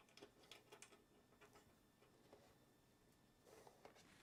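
A printed part is being fitted onto the aluminium extrusion of a Voron V2.4r2 3D printer's gantry frame, with light plastic tapping and handling noises, including two sharper taps early on. Nothing has seated or clicked into place yet; the part is still being handled before it snaps home.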